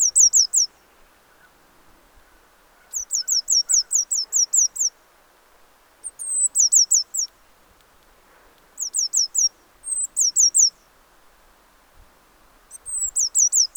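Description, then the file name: Eurasian blue tit calling repeatedly, high thin downslurred notes in quick series, several bursts separated by short silences. "Cyanistes caeruleus"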